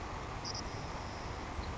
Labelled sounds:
Savannah Sparrow (Passerculus sandwichensis)
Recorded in Sonoma County, California

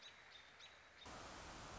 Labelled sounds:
American Robin (Turdus migratorius)
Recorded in Sonoma County, California

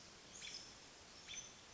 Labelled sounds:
American Robin (Turdus migratorius)
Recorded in Sonoma County, California

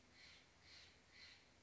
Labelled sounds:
Steller's Jay (Cyanocitta stelleri)
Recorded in Sonoma County, California

